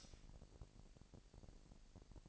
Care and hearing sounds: daily activity, microphone in the room; light off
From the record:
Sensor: 5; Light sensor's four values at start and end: 15/35/15/16 and 15/35/15/16

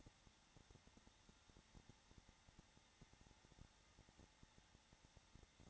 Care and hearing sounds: daily activity, microphone in the room; no activity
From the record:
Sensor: 3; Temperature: 21.3 degrees Celsius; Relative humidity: 33.3%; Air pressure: 994.5 hPa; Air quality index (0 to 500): 168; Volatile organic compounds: 3 ppm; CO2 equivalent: 1460 ppm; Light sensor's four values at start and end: 2/3/2/2 and 2/3/2/2

